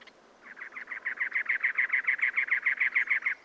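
Cactus wren song: a long run of harsh, grating chug notes, repeated evenly and rapidly, slightly rising in loudness.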